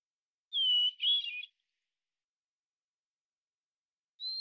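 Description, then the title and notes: Hermit thrush song: a clear sustained whistle followed by a quick fluty, wavering flourish, then silence before the next phrase begins, with no other sounds. Individual singing in the Pacific Northwest, Washington, United States; song sequence ending with examples of eight basic phonemes and variants; isolated from original recording, natural pace and rhythm kept. "Hermit Thrush, Catharus guttatus, individual performance, song sequence with an end block of example 8 basic phonemes and variants, isolated from original, natural pace and rhythm maintained Recorded in the beautiful Pacific Northwest, Washington, United States"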